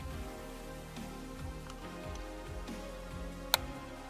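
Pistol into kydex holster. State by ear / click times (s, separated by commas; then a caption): seated / 3.5 s. A pistol is pushed into a rigid kydex holster with soft belt loops, and its retention snaps with a sharp click at 3.5 s that locks it in place. Background music plays throughout, with a fainter tick at 1.7 s.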